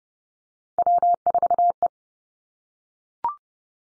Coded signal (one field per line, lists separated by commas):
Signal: Morse code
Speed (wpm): 30 wpm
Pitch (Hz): 700 Hz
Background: none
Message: W4E